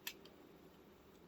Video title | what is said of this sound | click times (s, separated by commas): Wrecker Zord Battle Mode VS Go-Buster Beet (Beast Morphers/Go-Busters) | and then click | 0.1 s